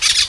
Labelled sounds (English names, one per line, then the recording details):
Brown-throated Parakeet contact call
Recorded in Venezuela
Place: Guárico; Corozopando; Fundo La Fe
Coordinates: 8.506, -67.593